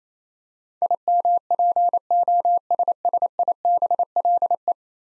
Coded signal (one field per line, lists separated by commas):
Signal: Morse code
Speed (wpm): 28 wpm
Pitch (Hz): 700 Hz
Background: none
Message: IMPOSSIBLE